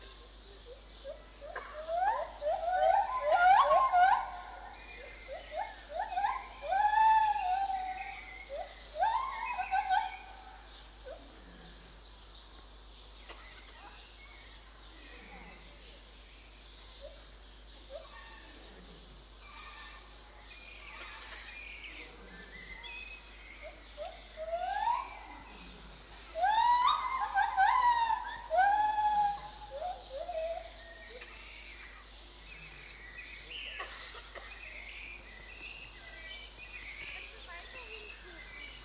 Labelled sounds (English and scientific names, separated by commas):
Lar Gibbon (Hylobates lar)